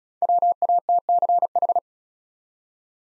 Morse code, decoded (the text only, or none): WATCH